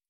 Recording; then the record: hydrophone in a shrimp aquaculture tank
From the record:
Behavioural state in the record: starved